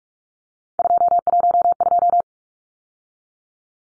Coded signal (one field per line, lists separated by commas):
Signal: Morse code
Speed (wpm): 44 wpm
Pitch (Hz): 700 Hz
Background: none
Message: 212